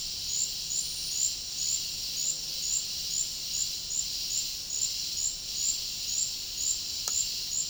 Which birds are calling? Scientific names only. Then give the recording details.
none. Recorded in dense forest near Puerto Asís, Putumayo, Colombia, on 20 February 2024 at 09:30. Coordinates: 0.485, -76.325. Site G6429